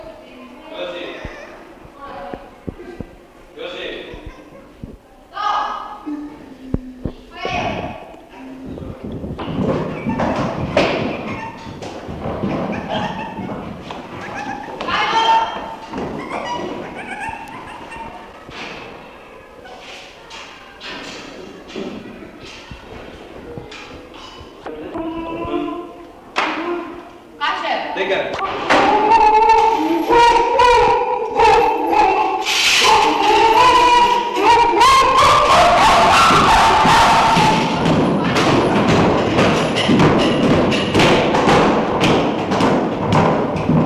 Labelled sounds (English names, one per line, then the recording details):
Chimpanzee
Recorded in captivity
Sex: group
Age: diverse
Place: Tierpark Berlin, Berlin, DE
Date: 1966-10-05
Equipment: Tesla Uran
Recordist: unbekannt, keine Angabe